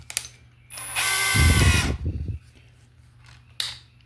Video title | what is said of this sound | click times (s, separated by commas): Will The Hychika 1/2 Brushless Drill Hold Up? Is It A Great Value? #automotive | But when I say this thing has a locking chuck, guys, hear it lock right there? | 3.6 s